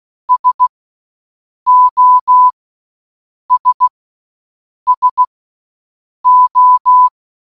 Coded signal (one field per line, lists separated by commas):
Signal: Morse code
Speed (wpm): 16 wpm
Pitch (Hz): 1000 Hz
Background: none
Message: SOS SO